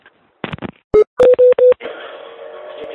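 Four short, loud keypad beeps in quick succession after a few clicks of handling, followed by a steady hissing line noise with a faint low hum underneath.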